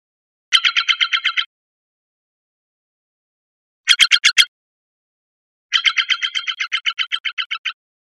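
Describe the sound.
Steller's jay giving harsh, rasping calls in three rapid bursts of closely spaced notes, the last burst longest, with silence between them.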